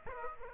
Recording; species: mosquito wingbeat signal from an infrared sensor; Aedes aegypti